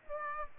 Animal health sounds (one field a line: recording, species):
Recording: mosquito wingbeat signal from an infrared sensor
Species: Aedes aegypti